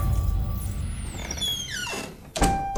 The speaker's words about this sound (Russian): Только что за моей спиной закрылась дверь моего дома. Это Норвегия, 1893 год, 24 июня.